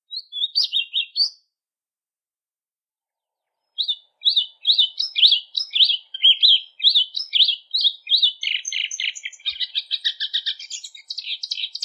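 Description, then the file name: Plumbeous Seedeater with a brief opening phrase, a pause, then an extended stream of quick whistled notes that turns into harsh, rapid buzzy trills. "canto da patativa"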